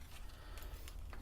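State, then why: Seated. A black wire's connector is pushed onto its terminal in a PC power supply housed in a floppy drive enclosure, over a steady low hum. A short, quiet snap at 0.9 s, between fainter handling sounds, marks the connector seating in place.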